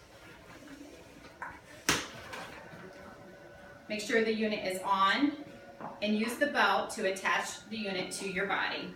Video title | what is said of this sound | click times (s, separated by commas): EGH RESPIRATOR PAPR TRAINING VIDEO 2017 | your head here to the breathing hose make sure it clicks into place | 1.9 s